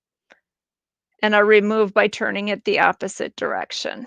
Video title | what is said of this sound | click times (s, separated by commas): United Leukodystrophy Foundation: Feeding Tubes Blended Diets | lock into place and are | 0.3 s